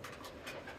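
The side attachment clips of the suspension liner of an MSA Cairns XR2 technical rescue helmet are pushed into the helmet shell by hand. Soft plastic handling rustles rise briefly around 0.1 s and 0.7 s over a low, steady background. Nothing has seated or clicked yet.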